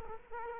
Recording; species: mosquito wingbeat signal from an infrared sensor; Culex quinquefasciatus